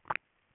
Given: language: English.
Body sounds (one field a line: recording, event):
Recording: throat vibration sensor signal played as sound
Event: swallow